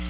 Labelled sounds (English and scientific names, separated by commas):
Black-throated Blue Warbler (Setophaga caerulescens) flight call